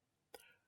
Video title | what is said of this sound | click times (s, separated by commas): How to Replace the front strut on the Jeep Cherokee 2014 to 2019 | there should be multiple audible clicks as the clips engage with each other | 0.3 s